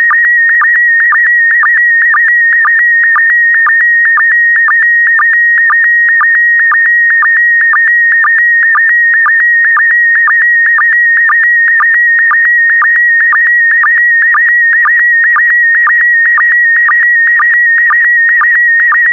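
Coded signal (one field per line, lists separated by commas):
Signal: SSTV (slow-scan television)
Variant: PD120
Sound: steady high warbling tone with quick low blips about twice a second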